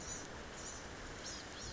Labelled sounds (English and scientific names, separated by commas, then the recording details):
Blue-gray Gnatcatcher (Polioptila caerulea)
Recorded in Sonoma County, California